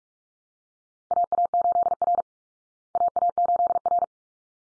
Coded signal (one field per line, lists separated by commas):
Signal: Morse code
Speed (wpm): 44 wpm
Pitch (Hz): 700 Hz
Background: none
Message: AA8R AA8R